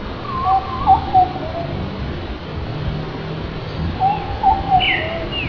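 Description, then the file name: Short-billed pigeon cooing: two short series of three or four soft, hollow notes a few seconds apart, over a steady low rumble of background noise. "shrtblpg"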